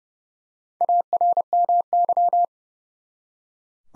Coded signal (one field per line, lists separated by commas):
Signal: Morse code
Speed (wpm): 31 wpm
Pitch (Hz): 700 Hz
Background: none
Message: ARMY